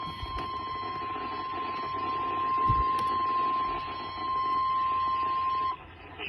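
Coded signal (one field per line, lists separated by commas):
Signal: Emergency Alert System (SAME) tones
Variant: 1050 Hz attention tone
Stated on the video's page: Archived real severe thunderstorm warning.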